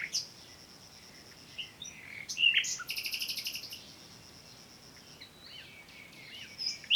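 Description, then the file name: Common nightingale song with a drawn-out high whistle, a few sharp chips, then a rapid rattling burst before quieter whistled notes. "Luscinia megarhynchos"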